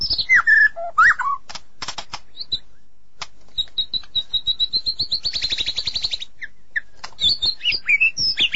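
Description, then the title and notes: White-rumped shama singing: a few sweet whistles, sharp clicks, then a long, fast, high chatter before more varied whistled notes. Champion-quality shama; its song is described as melodious. "Murai Juara. Suara burung murai merdu"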